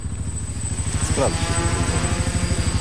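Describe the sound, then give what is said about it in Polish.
A search drone's propellers buzz steadily in flight during a search of open terrain, a loud, rapidly pulsing low drone with a thin high whine above it, with a brief murmur of voice partway through. “Jest to urządzenie typu dron, które jest wykorzystywane do poszukiwań w terenie otwartym.”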